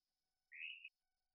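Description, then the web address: Hourglass tree frog giving a single short, slightly rising note lasting under half a second, against near silence. "hylidae Dendrosophus-ebbraccatus"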